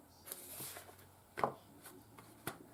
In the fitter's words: Okay, did you hear the click? I heard the click.